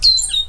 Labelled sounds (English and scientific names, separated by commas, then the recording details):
Stitchbird (Notiomystis cincta) song
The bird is a male
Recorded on Tiritiri Matangi Island, New Zealand, in 2005
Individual 20, of nest box 28